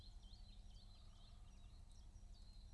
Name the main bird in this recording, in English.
Great Spotted Woodpecker